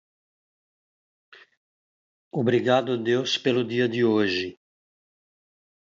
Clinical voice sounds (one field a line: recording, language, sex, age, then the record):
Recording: spoken sentence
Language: Brazilian Portuguese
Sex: male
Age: 60 to 69 years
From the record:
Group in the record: control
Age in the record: 66 years